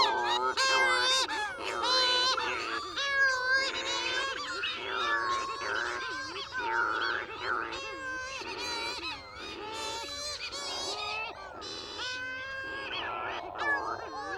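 Cape Verde shearwater calls, harsh wavering wails with a strong quavering tremolo, many birds overlapping almost continuously in a noisy chorus.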